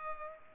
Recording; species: mosquito wingbeat signal from an infrared sensor; Culex pipiens